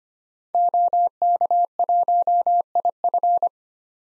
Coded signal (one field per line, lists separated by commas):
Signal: Morse code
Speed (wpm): 25 wpm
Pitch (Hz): 700 Hz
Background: none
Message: OK1IF